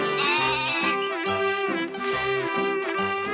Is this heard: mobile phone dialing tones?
no